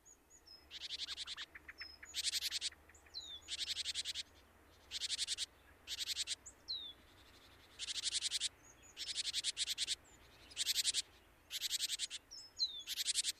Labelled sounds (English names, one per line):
Great Tit song